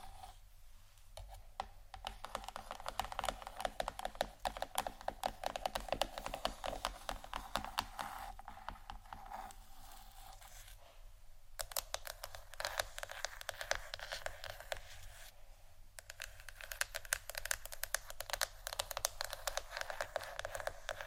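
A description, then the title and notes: Wooden objects are tapped and clicked in quick, dense bursts, like fingers typing on a keyboard. The clatter is bright and crisp, easing into brief lulls around ten and fifteen seconds before resuming. A low, steady hum sits underneath throughout. ASMR Wooden Triggers（No Talking）.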